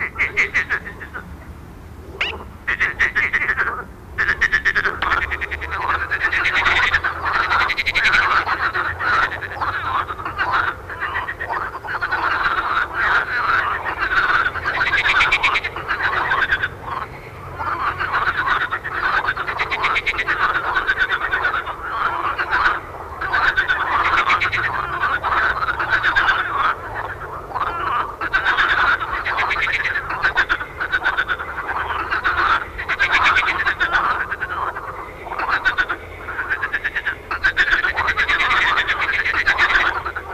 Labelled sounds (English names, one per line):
Marsh Frog call